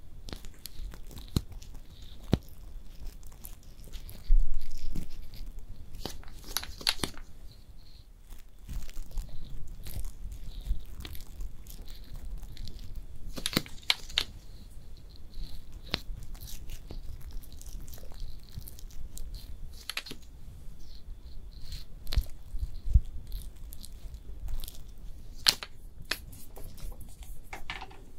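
Quiet makeup-application sounds with no talking: soft brushing and handling give way to sharp clicks, crinkles and small tearing or crunching bursts scattered irregularly throughout. A faint steady high whine and low rumble sit underneath, with slightly busier moments near 5, 14 and 26 seconds.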